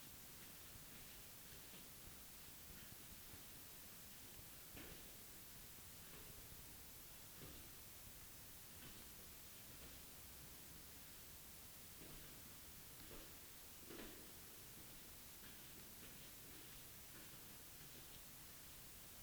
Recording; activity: daily activity, guitar pickup as the sensor; go downstairs